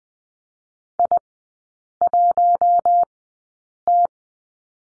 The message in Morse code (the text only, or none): I1T